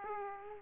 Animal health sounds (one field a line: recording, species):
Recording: mosquito wingbeat signal from an infrared sensor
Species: Aedes aegypti